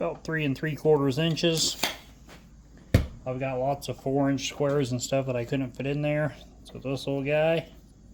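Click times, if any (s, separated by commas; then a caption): none. Someone talks while handling a small woodworking square about to be pushed into a slot on a tool holder, with a single sharp hit at about 2.9 s. The square has not seated or clicked into the holder yet.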